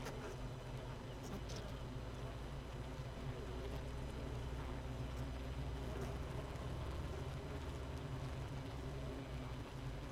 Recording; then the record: honeybee colony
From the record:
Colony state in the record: missing queen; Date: 31 May 2018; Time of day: 18:00